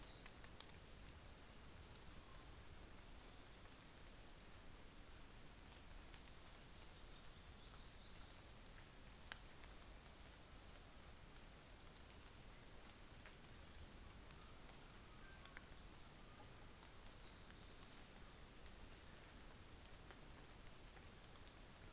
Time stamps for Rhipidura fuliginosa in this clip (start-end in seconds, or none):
0.00-3.33, 12.26-15.52